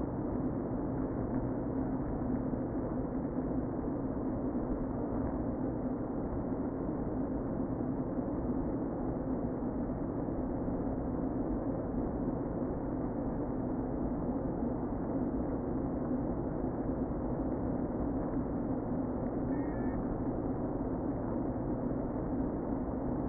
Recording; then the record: honeybee colony, microphone inside the hive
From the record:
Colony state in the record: queen present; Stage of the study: before two queens were removed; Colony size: about 60,000 bees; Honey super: yes